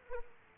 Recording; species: mosquito wingbeat signal from an infrared sensor; Aedes aegypti